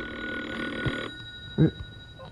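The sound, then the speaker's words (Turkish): A telephone rings with a bright, steady, multi-toned trill lasting about a second, then cuts off. A short, dull low thud follows in the quiet. “Telefon çalıyor Breki.”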